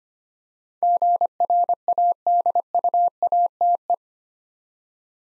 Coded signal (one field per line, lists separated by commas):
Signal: Morse code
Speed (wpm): 25 wpm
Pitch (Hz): 700 Hz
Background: none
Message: GRADUATE